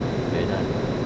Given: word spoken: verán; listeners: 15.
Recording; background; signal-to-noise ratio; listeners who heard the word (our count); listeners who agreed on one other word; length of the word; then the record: one Spanish word in noise, from a listening test; speech-shaped noise; -5.0 dB; 2 of 15; 6 of 15; 0.66 s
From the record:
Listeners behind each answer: 6, 3, 2, 1, 1, 1, 1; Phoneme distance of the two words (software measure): 7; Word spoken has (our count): 2 syllables, 5 phonemes, stress on syllable 2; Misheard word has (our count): 3 syllables, 6 phonemes, stress on syllable 2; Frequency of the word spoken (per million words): 9.80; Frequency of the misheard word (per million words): 84.53